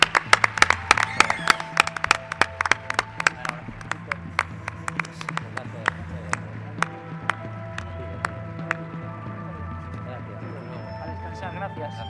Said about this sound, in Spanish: Muchísimas gracias. Víctor, gracias a ti por esta noche. Un aplauso, Víctor Amela, un grande.